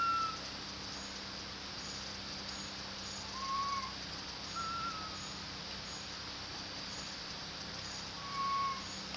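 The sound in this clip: Long-tailed macaque giving short, clear tonal coos, some slightly rising then falling, spaced a few seconds apart, over a constant hiss and a steady high pulsing insect chorus.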